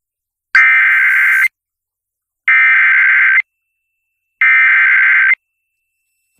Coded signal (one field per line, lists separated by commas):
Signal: Emergency Alert System (SAME) tones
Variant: header bursts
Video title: SEVERE THUNDERSTORM EAS COMPILATION MIRANDO CITY OILTON LAREDO TX JUN 3 2023 (EAS #87-95)